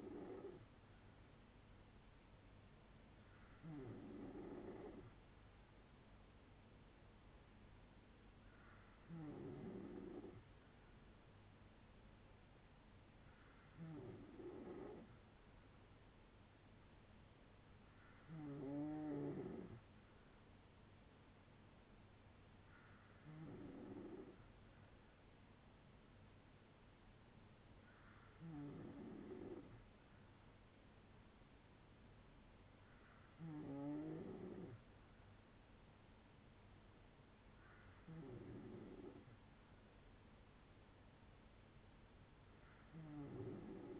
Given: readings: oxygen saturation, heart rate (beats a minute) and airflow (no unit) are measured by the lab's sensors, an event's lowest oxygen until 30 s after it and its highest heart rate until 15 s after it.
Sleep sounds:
breathing in sleep by a voice recorder at the bedside; none
29.00-44.00 s: new sleep stage, N2 (light sleep)
From the record:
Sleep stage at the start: N3 (deep sleep); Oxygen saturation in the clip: 94 to 95%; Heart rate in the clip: 58 to 71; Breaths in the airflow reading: 9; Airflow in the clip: -5.5 to 4.1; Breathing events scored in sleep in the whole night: 182 in 7.4 hours asleep

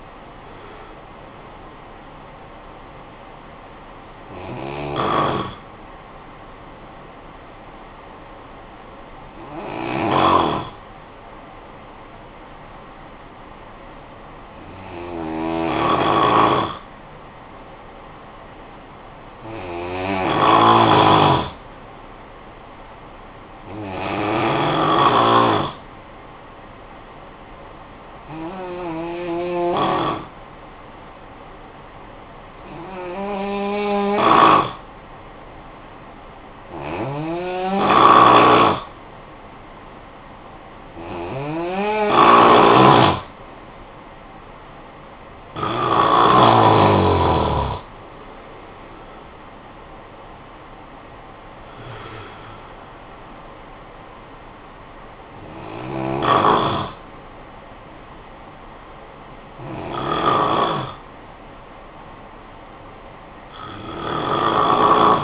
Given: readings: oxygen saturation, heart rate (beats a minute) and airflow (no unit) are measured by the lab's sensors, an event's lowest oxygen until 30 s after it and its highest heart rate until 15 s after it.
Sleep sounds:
breathing in sleep by a voice recorder at the bedside; 1
8.00-25.60 s: hypopnea (N1, oxygen 96% highest, then 89% lowest, heart rate 64 at the start, 64 highest)
From the record:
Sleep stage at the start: N1 (lightest sleep); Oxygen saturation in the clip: 89 to 96%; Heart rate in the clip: 49 to 73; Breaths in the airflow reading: 14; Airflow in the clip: -8.9 to 10.4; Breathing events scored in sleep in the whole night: 445 in 7.6 hours asleep

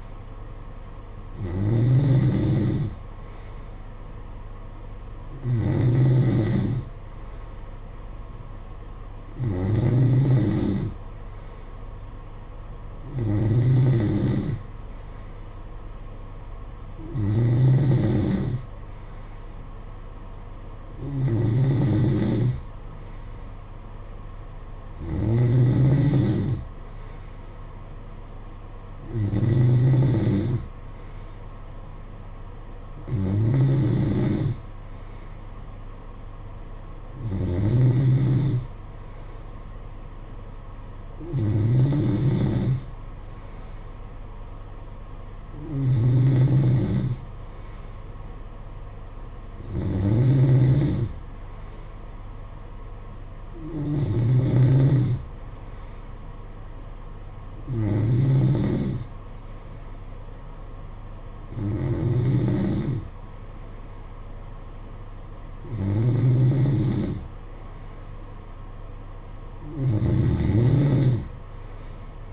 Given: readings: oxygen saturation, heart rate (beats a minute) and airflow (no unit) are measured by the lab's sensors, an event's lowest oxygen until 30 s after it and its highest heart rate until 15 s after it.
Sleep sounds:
breathing in sleep by a smartphone at the bedside; none
none scored
From the record:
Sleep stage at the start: N3 (deep sleep); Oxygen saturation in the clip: 92 to 93%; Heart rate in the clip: 54 to 58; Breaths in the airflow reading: 18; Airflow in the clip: -8.1 to 6.2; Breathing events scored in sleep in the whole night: 476 in 9.7 hours asleep

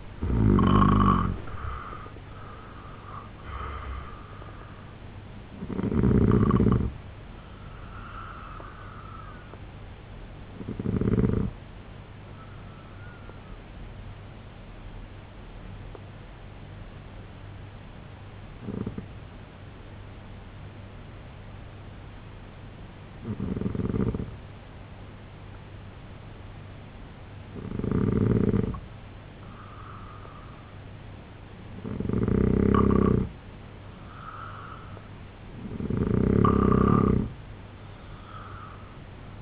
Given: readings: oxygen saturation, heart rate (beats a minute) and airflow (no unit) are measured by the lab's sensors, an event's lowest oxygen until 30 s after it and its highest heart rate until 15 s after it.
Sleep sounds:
breathing in sleep by a voice recorder at the bedside; 1
15.00-33.60 s: hypopnea (N2, oxygen 95% highest, then 89% lowest, heart rate 69 at the start, 75 highest)
From the record:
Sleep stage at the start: N2 (light sleep); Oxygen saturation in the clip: 85 to 95%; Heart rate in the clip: 66 to 96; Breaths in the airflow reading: 8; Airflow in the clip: -11.1 to 9.4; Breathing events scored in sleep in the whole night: 258 in 7.4 hours asleep

